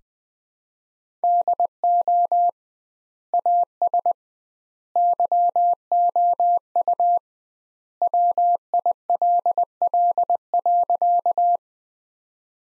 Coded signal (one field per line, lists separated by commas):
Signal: Morse code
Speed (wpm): 20 wpm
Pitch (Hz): 700 Hz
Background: none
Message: DO AS YOU WILL.